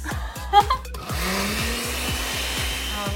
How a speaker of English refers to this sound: So first we're gonna put our frozen strawberries in the blender. Now we're gonna get our vanilla yogurt in as well. Now we're gonna blend it all together.